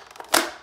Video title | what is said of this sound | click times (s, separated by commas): Bug-A-Salt Shotgun Review - Ultimate Fly Killer | every time you have to go until you hear that click but every time you have to flip that safety and then you just aim | 0.3 s